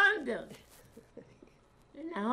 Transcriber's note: chuckles